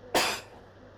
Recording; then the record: coughing mixed with background sound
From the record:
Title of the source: 61 morning phlegmy cough...again